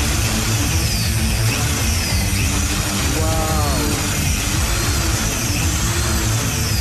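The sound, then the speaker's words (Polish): A hammer drill runs in impact mode, a loud, steady, harsh rattling roar with whining tones shifting in pitch, continuing without pause for several seconds. “A teraz z udarem, chłopaki.”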